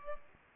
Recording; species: mosquito wingbeat signal from an infrared sensor; Aedes albopictus